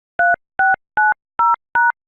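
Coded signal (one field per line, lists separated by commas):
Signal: DTMF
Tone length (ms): 180 ms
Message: 3690#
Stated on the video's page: Touch-tone menu input used to change settings on a CX-E voicemail mailbox.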